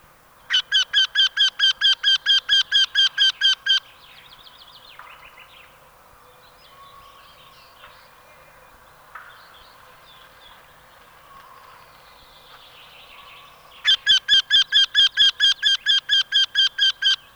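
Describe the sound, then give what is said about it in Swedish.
Two bursts of a Eurasian wryneck's call, each a rapid run of about a dozen loud, nasal, ringing notes at an even pace, with faint background birdsong in the pause between them. “nu följer göktyta.”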